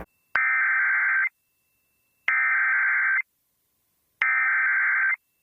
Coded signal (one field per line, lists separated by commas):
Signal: Emergency Alert System (SAME) tones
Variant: header bursts